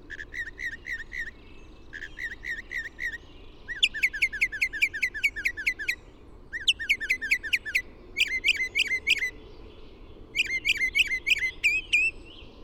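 Bird song made of rapid series of sharp, repeated whistled chirps, bursts of several notes separated by short breaks, steady low rumble underneath.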